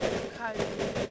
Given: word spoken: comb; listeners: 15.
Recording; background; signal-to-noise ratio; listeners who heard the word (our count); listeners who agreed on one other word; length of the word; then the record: one English word in noise, from a listening test; noise modulated by three-talker babble; -5.8 dB; 1 of 15; 8 of 15; 0.70 s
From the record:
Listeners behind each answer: 8, 3, 2, 1, 1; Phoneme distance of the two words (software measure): 10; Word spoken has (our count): 1 syllable, 3 phonemes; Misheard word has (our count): 1 syllable, 3 phonemes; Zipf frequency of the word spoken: 3.59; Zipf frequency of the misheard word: 4.41